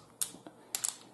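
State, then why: Not seated. A male pneumatic plug on an air hose is handled at a quick-connect coupler, giving a few short, sharp clicks and rattles around 0.2, 0.5, 0.75 and 0.85 seconds. The plug has not yet seated in the coupler; nothing has clicked home.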